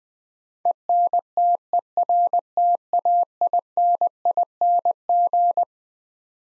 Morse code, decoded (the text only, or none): ENTERTAINING